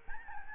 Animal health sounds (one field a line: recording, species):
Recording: mosquito wingbeat signal from an infrared sensor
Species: Aedes albopictus